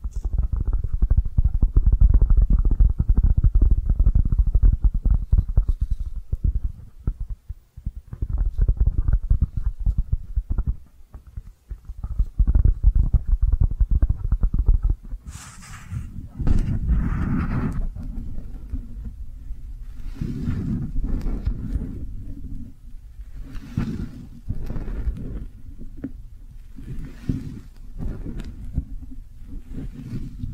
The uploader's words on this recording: ASMR Your Brain is Fluffy Like Cloud Cozy Brushing, Squishy Triggers for Sleep (No Talking).